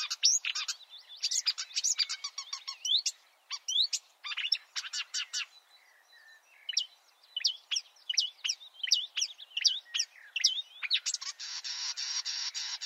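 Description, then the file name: Marsh warbler singing loud, mixed chatter and trills, easing into thin spaced whistles, then ending in a harsh buzzy rattle. "suara-kicauan-burung-marsh-warbler -omkicau"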